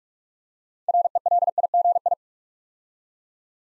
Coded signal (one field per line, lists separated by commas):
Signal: Morse code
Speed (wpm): 44 wpm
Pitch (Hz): 700 Hz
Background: none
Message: RELIGI